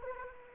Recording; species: mosquito wingbeat signal from an infrared sensor; Anopheles gambiae